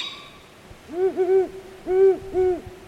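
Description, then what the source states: Great horned owl hoots: four low, mellow hoots in two close pairs with a short gap between them. Female hooting in response to a juvenile begging to be fed, about 11 p.m.; parents answering with calls rather than food.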